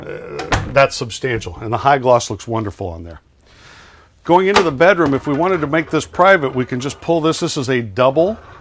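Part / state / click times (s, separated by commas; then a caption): motorhome bedroom pocket door latching in its frame / not seated / none. Someone talks while pulling a double pocket door out of its frame to close off the bedroom of a 2020 Newmar Dutchstar 4020 motorhome, with a brief quiet stretch of soft sliding noise midway. The door is being handled, and nothing has latched or seated yet.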